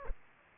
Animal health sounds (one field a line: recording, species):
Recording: mosquito wingbeat signal from an infrared sensor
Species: Culex pipiens